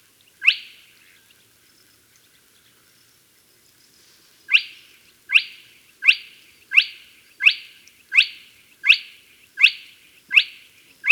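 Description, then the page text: Spotted crake calling: a single sharp whipping note, a pause of several seconds, then a steady run of the same notes, a little faster than one per second. "Spotted Crake Call Sound Effect. Quick Sounds"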